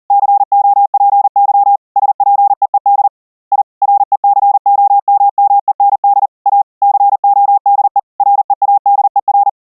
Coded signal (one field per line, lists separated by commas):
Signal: Morse code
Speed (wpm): 40 wpm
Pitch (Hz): 810 Hz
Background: none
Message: COPY SPEED I RECOMMEND A CODE READER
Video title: Morse code online CW NET - experimental multi CW OP conference setup using MUMBLE